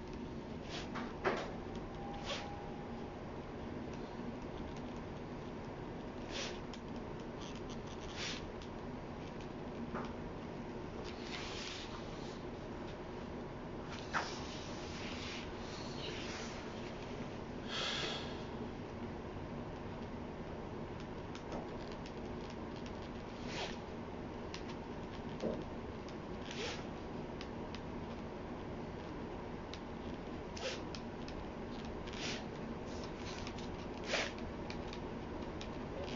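Someone copying text by hand, with frequent short scratches and clicks of writing scattered over a steady low hum that runs throughout.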